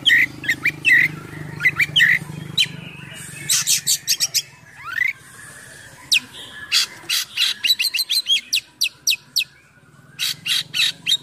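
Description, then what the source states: Oriental magpie-robin song: long varied sequence of short whistled notes, harsh buzzy bursts, one rising slur and fast clicking series, with faint low hum. Full song in top singing form (gacor) with a rich repertoire of imitated phrases (full isian, mewah).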